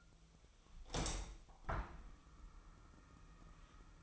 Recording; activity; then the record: daily activity, microphone in the room; open window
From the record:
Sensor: 1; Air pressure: 1004.6 hPa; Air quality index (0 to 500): 108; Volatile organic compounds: 3 ppm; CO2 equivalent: 1496 ppm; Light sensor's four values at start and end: 8/20/8/8 and 8/21/8/9